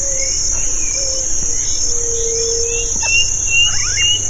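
Bird calls: a long, level, low whistle and short higher chirps with quick rising sweeps near the end, under a constant shrill insect chorus.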